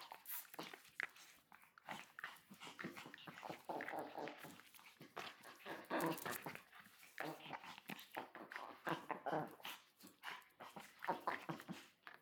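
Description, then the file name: Chihuahua play sounds: a busy run of short yips, whimpers and snuffling bursts, near continuous with brief pauses, plus scuffling movement throughout. Dogs playing; recorded 20 May 2017. "20170520 Chihuahua Dogs Playing"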